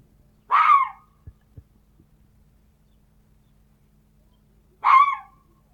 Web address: glos lisa